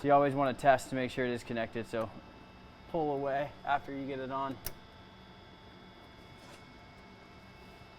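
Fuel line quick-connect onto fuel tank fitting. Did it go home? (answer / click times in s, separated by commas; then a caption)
no / none. A fuel line quick-connect is handled at the tank fitting of an S&B 45-gallon replacement fuel tank for a 2019–25 Mercedes Sprinter with a 144" or 170" wheelbase. Someone talks for most of the clip, a brief sharp tick sounds near 4.7 s, and then only a low steady background remains. The connector has not clicked or seated yet.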